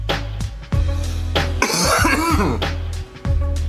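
A harsh, noisy cough burst from an adult man lasting about a second, over a steady low background hum, while he is still recovering from a cold.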